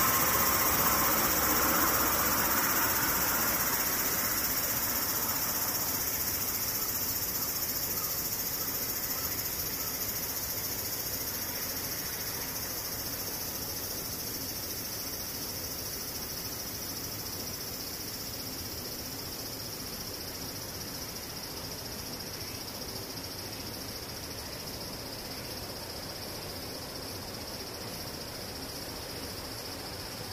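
Cicadas buzz in a steady, dense drone with bright high bands, while a low rumble at the start slowly fades over thirty seconds.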